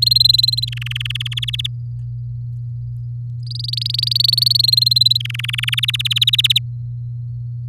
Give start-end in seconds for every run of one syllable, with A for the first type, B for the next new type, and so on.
0.02-0.65 A, 0.67-1.28 B, 1.31-1.67 C, 3.46-4.57 D, 4.59-5.17 A, 5.20-5.80 B, 5.83-6.59 C